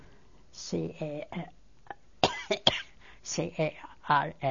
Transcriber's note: coughs